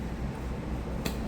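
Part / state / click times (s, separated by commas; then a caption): scooter seat into its seat latch / seated / 1.1 s. The seat of a SYM Cruisym GT 150 scooter, found left open, is pressed down into its seat latch to lock it first. Over a steady low rumble, a single sharp broadband snap is heard at 1.1 s as the latch catches. The seat is now latched shut and locked.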